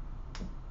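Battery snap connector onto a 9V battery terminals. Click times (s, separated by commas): 0.4 s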